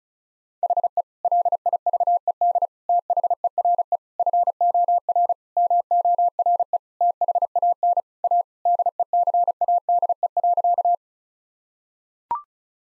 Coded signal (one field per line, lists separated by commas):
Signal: Morse code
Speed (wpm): 36 wpm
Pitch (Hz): 700 Hz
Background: none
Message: HE LIVED THERE FOR MORE THAN A DECADE.